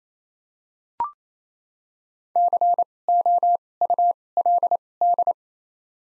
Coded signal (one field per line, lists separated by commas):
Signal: Morse code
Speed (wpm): 27 wpm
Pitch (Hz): 700 Hz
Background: none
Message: C O U L D